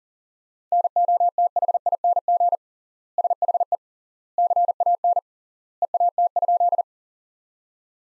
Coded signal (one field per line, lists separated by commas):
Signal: Morse code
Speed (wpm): 37 wpm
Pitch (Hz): 700 Hz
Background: none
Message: NOTHING SHE CAN EAT?